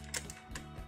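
A plastic peg is being pressed toward its socket on an Aoyi Mech LS-13 Tactical Commander transforming robot toy (a KO of the Oversize Studio Series SS38 Optimus Prime). Brief plastic handling taps come at about 0.2, 0.3 and 0.6 s over a steady low background hum. Nothing has seated or clicked yet.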